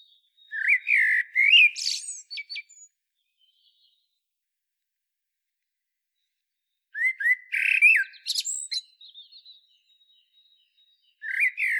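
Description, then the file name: Common blackbird with mellow whistled phrases topped by thin, high twittering, given twice with a long silent gap between, and another phrase starting at the end. "Turdus merula"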